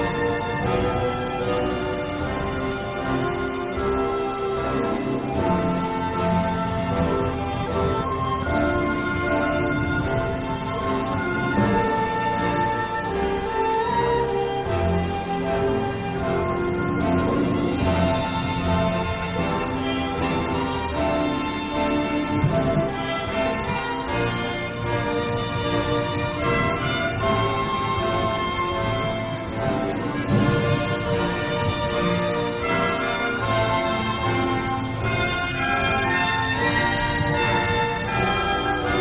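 An original soundtrack piece plays throughout, thick with sustained, layered tones and a full low end. The level stays steady for the whole 39 seconds, with chords shifting every few seconds and brighter notes rising around the middle and toward the end.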